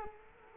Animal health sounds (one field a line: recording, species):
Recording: mosquito wingbeat signal from an infrared sensor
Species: Culex quinquefasciatus